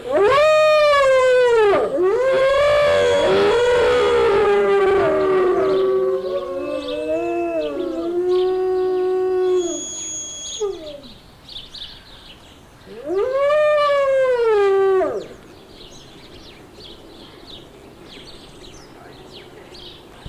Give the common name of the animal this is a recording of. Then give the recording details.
Gray Wolf. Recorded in captivity. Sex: group. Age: adult. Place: Zoo Berlin, Berlin, DE. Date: 1986-02-07 11:17. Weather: sunny, -10°C. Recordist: Tembrock, Günter. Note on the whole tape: Gruppe von sieben Tieren: Heulen